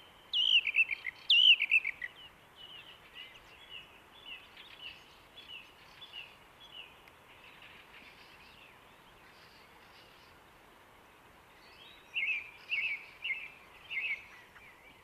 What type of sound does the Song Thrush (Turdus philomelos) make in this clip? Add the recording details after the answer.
song. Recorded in the wild. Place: Oberstdorf, Bayern, DE. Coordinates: 47.3797, 10.2944. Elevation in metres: 903. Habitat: mountains. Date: 1977-03-25. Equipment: Nagra IV, Sennheiser MKH 405, Parabolreflektor. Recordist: Tretzel, Erwin. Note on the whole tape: Auffahrt Dietersberg, nahe Golfplatz, Oberstdorf: Gesang